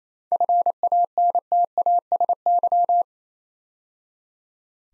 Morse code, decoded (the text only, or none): FANTASY